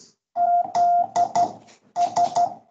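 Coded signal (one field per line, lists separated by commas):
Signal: Morse code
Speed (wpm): 12 wpm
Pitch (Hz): 700 Hz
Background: none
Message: ZS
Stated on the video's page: Morse code practice session held weekly over Skype.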